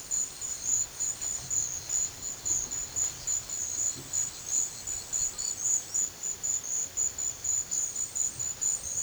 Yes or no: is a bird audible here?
no